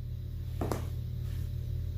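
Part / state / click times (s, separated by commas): vinyl floor plank end joint into adjacent plank / seated / 0.7 s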